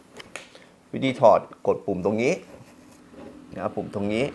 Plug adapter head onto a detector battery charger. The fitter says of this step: ให้มันเข้าล็อค